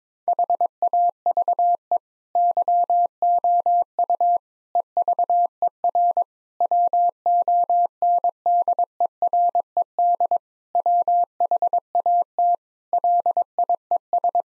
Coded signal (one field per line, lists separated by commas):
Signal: Morse code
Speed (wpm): 22 wpm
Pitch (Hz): 700 Hz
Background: none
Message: HAVE YOU EVER WONDERED WHAT LIES